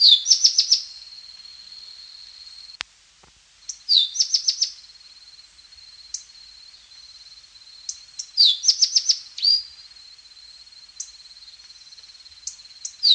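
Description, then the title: Tepui brush finch singing short bright phrases, a quick descending slur then a fast string of high ticking notes, three phrases over a constant shrill background tone and one sharp click. "LuckyPassaro Completos2Sama. Tepui Brush Finch"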